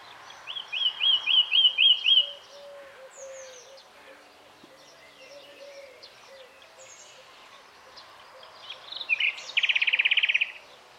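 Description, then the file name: Common nightingale song: a fast run of repeated high chirping notes, scattered varied phrases, then a loud buzzy rattling trill near the end, over low repeated whistles. "Luscinia megarhynchos"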